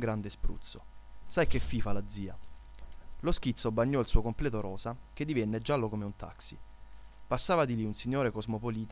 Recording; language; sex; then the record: read passage; Italian; male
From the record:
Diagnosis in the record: healthy control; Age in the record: 20 years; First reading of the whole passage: 40 s, 12.9 characters per second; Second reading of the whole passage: 40 s, 12.9 characters per second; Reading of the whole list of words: 47 s, 6.0 characters per second